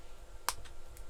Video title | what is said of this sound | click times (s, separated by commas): IXO Citroen C4 WRC build stages 8 to 10 | Snap that into place, brilliant. | 0.5 s